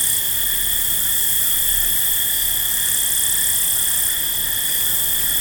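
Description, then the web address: Field crickets chirp in a thick, steady chorus of high tones, unchanging from start to end. Several field crickets at night. "Dr Sound Effects. Field Crickets At Night"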